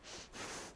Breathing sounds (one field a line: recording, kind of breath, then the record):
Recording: one breath in and out by a microphone near the nose and mouth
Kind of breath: strong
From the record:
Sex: female